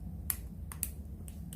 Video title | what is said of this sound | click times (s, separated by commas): UNBOXING THE NEW CANON G7X MARK II | Para mag-lock. Ayun. Nag-lock na siya. | 0.3 s, 0.8 s